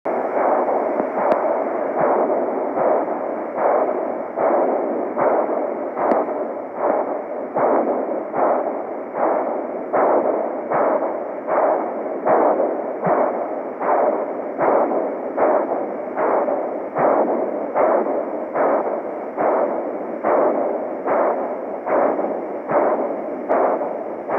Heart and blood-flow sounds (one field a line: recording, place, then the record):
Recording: Doppler ultrasound of blood flow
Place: carotid artery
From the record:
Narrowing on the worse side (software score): occlusion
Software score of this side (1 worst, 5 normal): 1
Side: right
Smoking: never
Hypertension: yes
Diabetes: type 1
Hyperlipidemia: yes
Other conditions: systemic lupus erythematosus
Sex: female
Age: 54 years